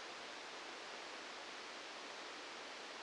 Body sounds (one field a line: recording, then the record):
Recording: brain microelectrode recording played as sound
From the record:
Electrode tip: outside the subthalamic nucleus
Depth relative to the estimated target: -4 mm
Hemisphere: left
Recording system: NeuroSet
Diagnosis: Parkinson's disease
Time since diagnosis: 9 years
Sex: male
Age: 61 years